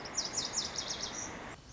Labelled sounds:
Lazuli Bunting
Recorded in Sonoma County, California

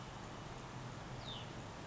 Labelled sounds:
Hutton's Vireo
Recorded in Sonoma County, California

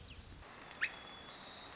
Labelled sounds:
White-crowned Sparrow
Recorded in Sonoma County, California

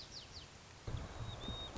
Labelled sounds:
White-crowned Sparrow
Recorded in Sonoma County, California

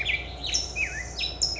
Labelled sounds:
Black-headed Grosbeak
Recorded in Sonoma County, California

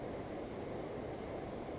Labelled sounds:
Chestnut-backed Chickadee
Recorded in Sonoma County, California

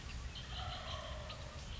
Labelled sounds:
Wild Turkey
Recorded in Sonoma County, California

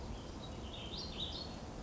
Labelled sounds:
Warbling Vireo
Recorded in Sonoma County, California

